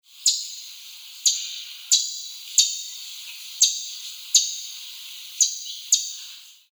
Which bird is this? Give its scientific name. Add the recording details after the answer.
Euplectes orix. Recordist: Tembrock, Günter. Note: Kurzlaute